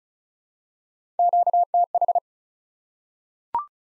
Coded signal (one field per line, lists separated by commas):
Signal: Morse code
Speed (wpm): 36 wpm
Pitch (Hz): 700 Hz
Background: none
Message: QTH